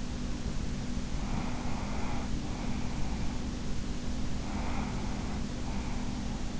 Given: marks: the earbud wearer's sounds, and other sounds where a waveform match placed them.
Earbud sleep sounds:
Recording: sounds in sleep by an in-ear microphone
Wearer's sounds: breath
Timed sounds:
1.16-3.46 s: breath
4.37-6.46 s: breath

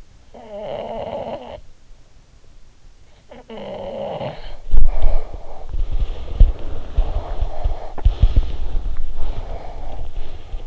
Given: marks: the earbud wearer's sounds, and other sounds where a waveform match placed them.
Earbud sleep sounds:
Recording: sounds in sleep by an in-ear microphone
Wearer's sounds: snoring breath, body movement, breath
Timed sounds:
0.02-1.94 s: snoring breath
3.17-4.84 s: snoring breath
4.76-10.67 s: body movement
5.74-10.16 s: breath

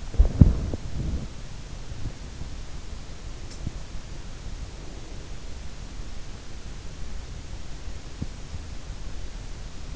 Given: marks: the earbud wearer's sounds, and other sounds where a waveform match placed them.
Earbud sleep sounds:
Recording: sounds in sleep by an in-ear microphone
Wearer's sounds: body movement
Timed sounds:
0.00-1.54 s: body movement

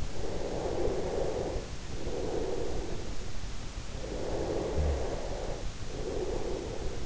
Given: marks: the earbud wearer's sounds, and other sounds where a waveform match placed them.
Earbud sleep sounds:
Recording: sounds in sleep by an in-ear microphone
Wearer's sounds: breath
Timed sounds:
0.13-2.88 s: breath
4.01-7.06 s: breath

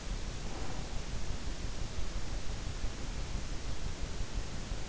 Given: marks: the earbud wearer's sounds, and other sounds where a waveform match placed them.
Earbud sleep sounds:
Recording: sounds in sleep by an in-ear microphone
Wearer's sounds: breath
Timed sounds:
0.14-1.15 s: breath

